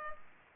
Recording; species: mosquito wingbeat signal from an infrared sensor; Culex pipiens